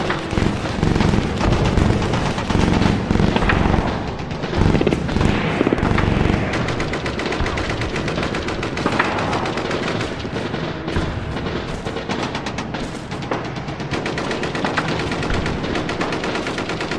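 Wartime battle sounds: a dense, continuous roar of gunfire with rapid machine-gun bursts and heavy booms layered over each other. The din is loudest and most chaotic in the first six seconds, then settles into steady rattling fire and scattered blasts.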